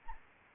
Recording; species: mosquito wingbeat signal from an infrared sensor; Anopheles gambiae